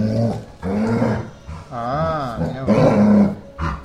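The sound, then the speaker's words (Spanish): A dog named Floppy growls in a series of drawn-out, wavering bursts whose pitch rises and falls, loud and continuous over a few seconds with no talking, while being recorded for the radio station FM Los Molinos. “FM Los Molinos, la radio que escucha mi perro.”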